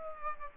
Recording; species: mosquito wingbeat signal from an infrared sensor; Aedes aegypti